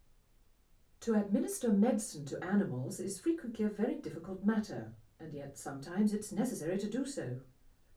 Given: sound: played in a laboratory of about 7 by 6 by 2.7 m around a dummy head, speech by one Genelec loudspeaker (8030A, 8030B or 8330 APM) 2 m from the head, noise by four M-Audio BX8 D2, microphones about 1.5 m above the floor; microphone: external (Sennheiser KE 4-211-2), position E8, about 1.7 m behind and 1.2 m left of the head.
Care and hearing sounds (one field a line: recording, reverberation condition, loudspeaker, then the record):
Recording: female speech in English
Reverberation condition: low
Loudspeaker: 120 degrees to the right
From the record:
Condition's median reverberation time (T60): about 310 ms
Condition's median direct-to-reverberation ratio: about 3.5 dB